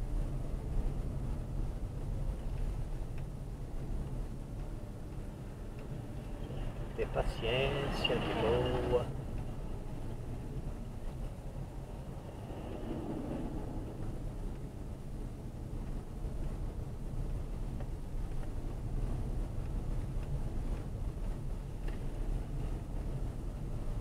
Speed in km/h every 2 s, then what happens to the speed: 15, 16, 17, 18, 18, 15, 16, 18, 17, 18, 18, 19.
0-24 steady at about 17.